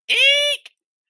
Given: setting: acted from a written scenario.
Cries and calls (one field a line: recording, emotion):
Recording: vocal sound without words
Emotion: fear